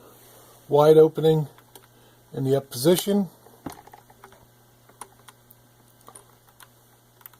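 Someone talks while a threaded metal bobbin case is lined up with its wide opening up and handled toward the shuttle assembly of a Pfaff 360, 362, 230, 332 or 338 sewing machine. Brief light ticks and taps are heard at about 1.8, 3.7, 5.0, 6.2, 7.3 and 7.5 seconds. Nothing has seated or clicked into place yet.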